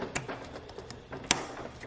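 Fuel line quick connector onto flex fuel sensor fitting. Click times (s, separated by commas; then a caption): 1.3 s. A fuel line quick-connect fitting is pushed onto a flex fuel sensor fitting from a PRL Motorsports flex fuel kit, with a few faint knocks and handling sounds before it. It snaps home with a sharp, loud click at 1.3 s, and the connector is seated.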